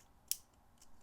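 A Milwaukee Fastback compact folding utility knife, opened with its push button on the back side, is flipped open until the blade locks in the open position. A single sharp click sounds at 0.3 s, followed by a faint soft tick near 0.8 s. The blade seats and locks open.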